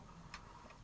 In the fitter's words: get that in my place and then that just clicks in to